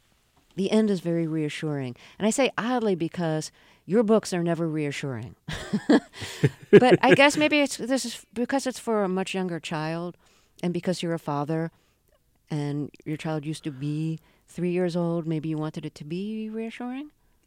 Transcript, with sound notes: The end is very reassuring. And I say oddly because your books are never reassuring.
(LAUGHTER)
But I guess maybe this is because it's for a much younger child, and because you're a father and you child used to be three years old. Maybe you wanted it to be reassuring?